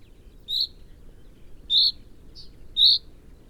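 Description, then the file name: Common chaffinch calls: short sharp high notes, three in a row about every 1.2 seconds, over a low steady rumble. "Fringilla coelebs"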